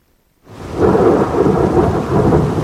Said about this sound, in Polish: Od 50 do nawet 150 litrów wody na metr. Takie ulewy naprawdę potrafią napytać biedy.